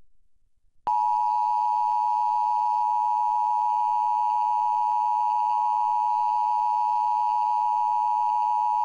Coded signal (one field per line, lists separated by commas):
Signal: Emergency Alert System (SAME) tones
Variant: 853 and 960 Hz attention tone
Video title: 2023 National Emergency Alert System TEST - National EAS Test - Wireless Emergency Alert Test